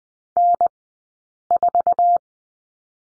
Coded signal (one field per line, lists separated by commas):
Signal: Morse code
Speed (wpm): 20 wpm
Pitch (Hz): 700 Hz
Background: none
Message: N4